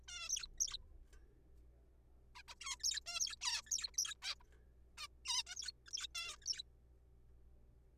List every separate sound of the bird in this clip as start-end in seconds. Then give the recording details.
0.08-0.28, 0.29-0.46, 0.60-0.77, 2.35-2.42, 2.48-2.54, 2.61-2.75, 2.80-2.83, 2.84-3.00, 3.06-3.19, 3.20-3.35, 3.42-3.61, 3.67-3.71, 3.71-3.89, 3.94-3.97, 3.98-4.14, 4.22-4.34, 4.98-5.07, 5.25-5.42, 5.47-5.55, 5.55-5.71, 5.86-5.90, 5.93-6.07, 6.15-6.35, 6.42-6.46, 6.46-6.62. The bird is a juvenile. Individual R3428